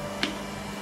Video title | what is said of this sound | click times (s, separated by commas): Car का colour भी उड़ा डाला😮 --Car Wash Machine --Starq 2100 watts Pressure Washer..🔥 | ये इसके ऊपर ऐसे लॉक हो जाता है, ये गन के आगे लगता है, ये ऐसे करके ये चीज़ | 0.2 s